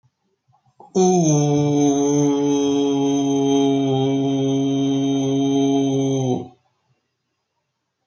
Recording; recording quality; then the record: sustained vowel as in boot; excellent, no background noise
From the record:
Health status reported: healthy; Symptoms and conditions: none ticked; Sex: male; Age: 35 years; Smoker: not ticked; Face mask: not worn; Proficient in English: yes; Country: India